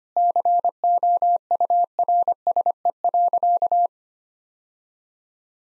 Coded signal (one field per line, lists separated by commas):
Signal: Morse code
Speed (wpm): 25 wpm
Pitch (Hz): 700 Hz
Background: none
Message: COURSE.